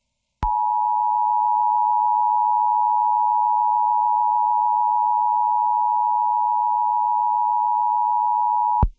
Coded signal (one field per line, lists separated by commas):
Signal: Emergency Alert System (SAME) tones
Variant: 853 and 960 Hz attention tone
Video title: EAS MOCK: Tornado Emergency for Wake County, NC (Not real, so It’s fake)